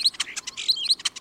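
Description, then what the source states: European starling chattering: rapid bursts of high chirps, clicks and short whistles, densely packed and uneven, with no other clear sounds. Considered a pest and an invasive species in the United States.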